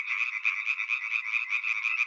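European tree frog calling, a continuous rasping series of rapid pulses at steady loudness throughout.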